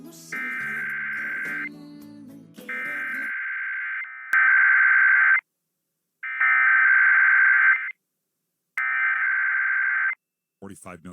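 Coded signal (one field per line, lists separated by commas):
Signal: Emergency Alert System (SAME) tones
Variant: header bursts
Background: speech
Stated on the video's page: Weekly EAS tests.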